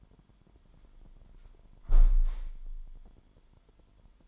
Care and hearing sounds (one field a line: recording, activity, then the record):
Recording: daily activity, microphone in the room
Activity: close window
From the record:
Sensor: 5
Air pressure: 998.7 hPa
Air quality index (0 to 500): 104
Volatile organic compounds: 2 ppm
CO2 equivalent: 1201 ppm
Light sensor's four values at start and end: 58/143/59/67 and 58/144/60/67